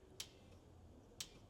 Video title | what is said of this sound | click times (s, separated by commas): Mercedes 450SEL Revival Pt. 4. With Bosch Fuel Injection, a Fuel System Pressure Test is a Must! | Hear it click? | 0.2 s, 1.2 s